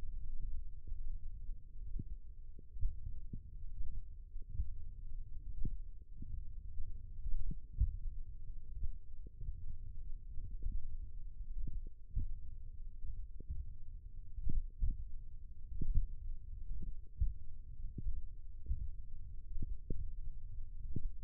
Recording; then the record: forearm muscle sounds (acoustic myography)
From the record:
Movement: finger pinch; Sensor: system 1, eight BSWA MPA416 microphones around the upper forearm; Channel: 3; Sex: male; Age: 20 years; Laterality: left